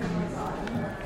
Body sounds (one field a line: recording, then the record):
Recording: background sound without coughing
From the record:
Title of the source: 60 minutes of coffee shop sounds for study and concentration